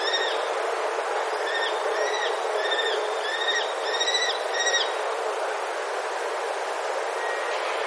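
Common kestrel calling in a quick run of short, sharp, slightly down-slurred notes for about five seconds, then only steady background hiss.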